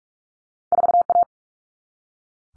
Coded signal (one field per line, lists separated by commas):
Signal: Morse code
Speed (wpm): 44 wpm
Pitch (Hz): 700 Hz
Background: none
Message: 4A